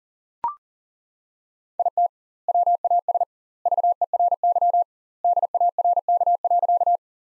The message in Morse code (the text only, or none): IT WAS VERY DARK.